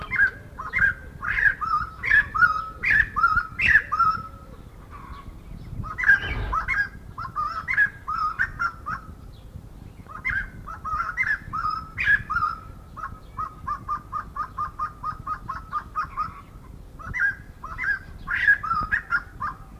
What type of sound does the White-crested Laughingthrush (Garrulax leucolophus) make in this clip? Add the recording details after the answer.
song. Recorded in captivity. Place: Zoo Gelsenkirchen, Nordrhein-Westfalen, DE. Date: 1977-08-13. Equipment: Halbspur, 9,5 cm/s. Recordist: Lütgens, Hans. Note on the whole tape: Gesang